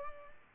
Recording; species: mosquito wingbeat signal from an infrared sensor; Culex pipiens